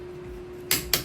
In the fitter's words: and then you put the nut on here, and you just keep going until you hear that click